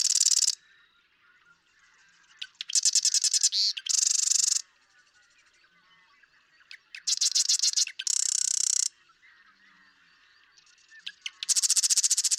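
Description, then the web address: Marsh Wren song: rapid scratchy trills and gurgling rattles, several in quick succession, with quieter chatter between bursts. "birdsongforthecurious Marsh Wren"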